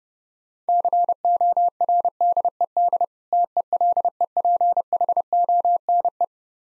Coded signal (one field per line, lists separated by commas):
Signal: Morse code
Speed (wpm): 29 wpm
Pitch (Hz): 700 Hz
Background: none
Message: CORDED TELEPHONE